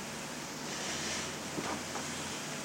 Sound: long silence and sounds of slowly releasing breaths from everyone